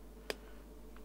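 A Tokdance TDS7 wireless microphone transmitter is pulled off its mount with some force, giving a sharp snap at 0.3 s, followed by a faint tick near 1.0 s. The transmitter comes free of its dock.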